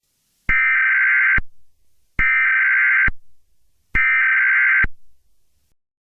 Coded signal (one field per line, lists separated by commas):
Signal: Emergency Alert System (SAME) tones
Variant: header bursts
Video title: EAS SCENARIO WYOMING'S CATASTROPHE